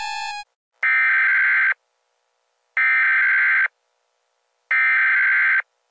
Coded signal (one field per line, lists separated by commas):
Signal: Emergency Alert System (SAME) tones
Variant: header bursts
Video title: ⚠️Rating EAS (A-Z) #18 (Chinese new year 🇨🇳)⚠️